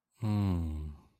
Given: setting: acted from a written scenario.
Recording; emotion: vocal sound without words; romantic love